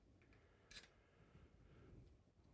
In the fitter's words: And I'm going to make sure that I have my hinge locked into place.